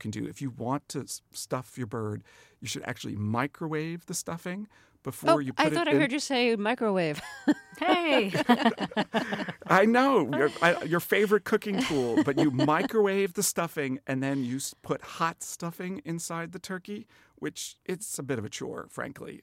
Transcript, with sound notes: If you want to stuff your bird, you should actually microwave the stuffing before you put it in.
Oh, I thought I heard you say microwave. Hey.
(LAUGHTER)
I know. Your favorite cooking tool. But you microwave the stuffing, and then you put hot stuffing inside the turkey, which it's a bit of a chore, frankly,